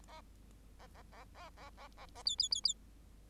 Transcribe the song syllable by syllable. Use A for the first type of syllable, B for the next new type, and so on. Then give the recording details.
A A A A A A A A B B B B. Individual Bird8